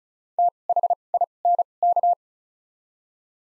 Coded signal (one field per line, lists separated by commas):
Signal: Morse code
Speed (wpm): 34 wpm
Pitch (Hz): 700 Hz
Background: none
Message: T H I N K